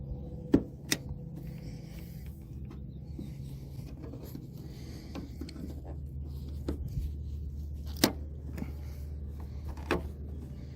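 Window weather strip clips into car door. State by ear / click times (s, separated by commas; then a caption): seated / 0.9 s, 8.0 s, 9.9 s. A new window weather strip is pressed onto the door of a Toyota FJ Cruiser so its plastic clips pop into their holes one after another. Sharp clicks at 0.9 s, 8.0 s and 9.9 s mark the clips seating, with quieter taps between them over a low steady hum. The weather strip ends up seated in place.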